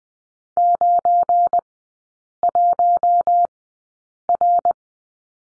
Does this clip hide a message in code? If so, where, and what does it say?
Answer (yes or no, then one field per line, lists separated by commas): yes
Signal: Morse code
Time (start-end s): 0.6-4.7 s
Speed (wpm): 20 wpm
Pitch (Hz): 700 Hz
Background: none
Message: 91R